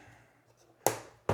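The sides of a plastic gauge cluster bezel are pressed into the dashboard. Two sharp clicks are heard at 0.9 s and 1.3 s as each side clip snaps home. The bezel is seated.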